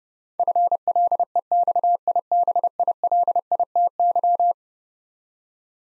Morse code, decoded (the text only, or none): FLEXIBILITY